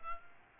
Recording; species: mosquito wingbeat signal from an infrared sensor; Aedes albopictus